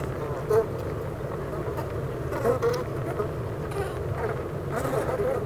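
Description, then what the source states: Honey bees buzzing in a hive, a dense steady drone with individual whining bees rising briefly above it, near 0.5 and 2.5 seconds. Honey bee hive at Clara Vale, Gateshead, UK.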